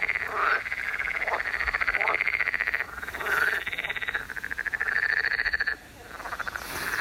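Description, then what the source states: Frogs in a dense chorus of rapid, pulsed croaks and rattles, continuous and overlapping, dropping in volume near the end. Several frogs recorded at Lauwersoog, Netherlands; sound sent in by listeners.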